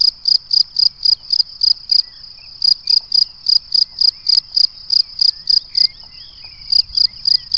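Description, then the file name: Cricket chirping, a steady train of short high-pitched pulses about four per second with brief pauses. "Le chant du grillon"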